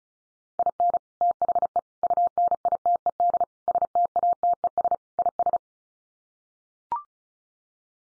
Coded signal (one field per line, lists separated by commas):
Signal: Morse code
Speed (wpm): 34 wpm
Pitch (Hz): 700 Hz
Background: none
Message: IN THE UNITED STATES IS